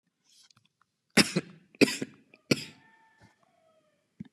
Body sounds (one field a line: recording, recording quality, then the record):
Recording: shallow voluntary cough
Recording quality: excellent, no background noise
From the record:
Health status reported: COVID-19 positive, mild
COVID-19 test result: positive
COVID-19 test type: RT-PCR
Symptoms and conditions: fatigue, diabetes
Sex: female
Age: 51 years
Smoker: no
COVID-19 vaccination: both doses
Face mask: not worn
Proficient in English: yes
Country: India